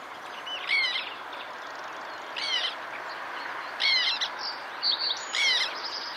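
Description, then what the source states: Black Tern calls: several short, squeaky notes at irregular intervals. The squeaking call to listen for at a black tern site.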